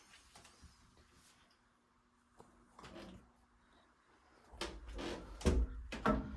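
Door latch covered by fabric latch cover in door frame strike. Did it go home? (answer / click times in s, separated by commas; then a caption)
no / none. A door latch covered by a sewn fabric-and-batting cover, held over the latch by elastic hair ties around the handle, is pushed shut against the door frame strike, and only soft thuds are heard, the loudest near 4.6, 5.9 and 6.1 seconds. The padded latch does not catch and nothing has clicked, so the door can be pushed open without turning the handle.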